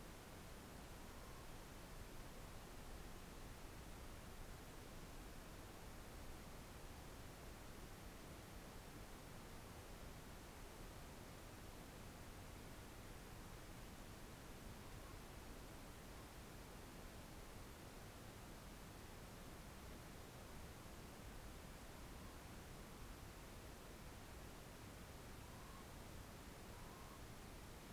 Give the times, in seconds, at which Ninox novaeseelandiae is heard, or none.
0.95-1.43, 14.67-15.17, 15.90-16.28, 21.75-22.41, 25.35-25.87, 26.63-27.21